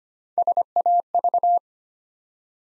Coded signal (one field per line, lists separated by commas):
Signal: Morse code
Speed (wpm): 25 wpm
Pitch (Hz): 700 Hz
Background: none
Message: SAV